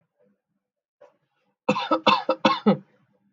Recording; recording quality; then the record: shallow voluntary cough; excellent, no background noise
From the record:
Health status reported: healthy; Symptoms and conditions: none ticked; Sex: male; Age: 22 years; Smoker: not ticked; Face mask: not worn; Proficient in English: yes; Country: India